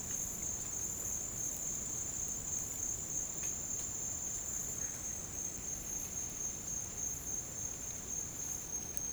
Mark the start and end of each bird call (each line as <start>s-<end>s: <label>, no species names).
4.71s-5.01s: bird call